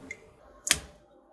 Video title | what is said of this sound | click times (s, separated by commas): Ender 3 Pro (2022) Assembly Guide - Part 5 | and start turning until you hear a click | 0.7 s